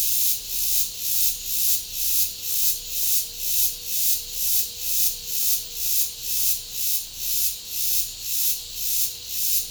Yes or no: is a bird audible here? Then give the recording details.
no. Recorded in pastures near Puerto Asís, Putumayo, Colombia, on 26 December 2024 at 10:00. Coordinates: 0.496, -76.326. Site G004